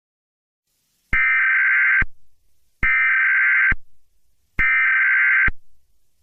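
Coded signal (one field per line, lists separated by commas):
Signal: Emergency Alert System (SAME) tones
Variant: header bursts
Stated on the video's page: Mock alert, not a real activation.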